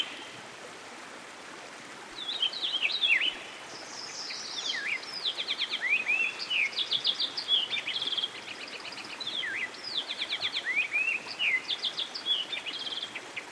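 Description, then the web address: American goldfinch singing a long, rambling run of quick twitters, buzzy trills and rising-falling slurred whistles, almost continuous, with constant stream noise behind. Singing beside a stream. "Dan Gibson Songbirds By The Stream. American Goldfinch"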